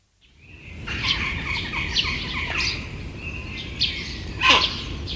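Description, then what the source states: Heron giving harsh, rasping calls in irregular bursts, some notes sliding downward, with a louder squawk near the end. Aggressive call.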